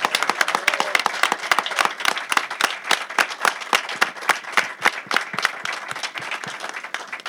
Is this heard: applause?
yes